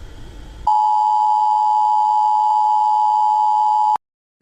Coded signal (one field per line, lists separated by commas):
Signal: Emergency Alert System (SAME) tones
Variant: 853 and 960 Hz attention tone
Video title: Reacting to emergency alert systems part one (new trend) #emergencyalertsystem #easalert #fakenews